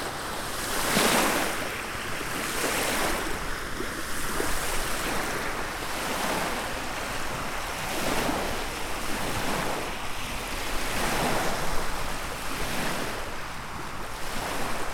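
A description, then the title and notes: Ocean waves wash in a steady, dense hiss, swelling roughly every two seconds, with a low wind rumble underneath throughout. Waves - Ocean, Lake And River.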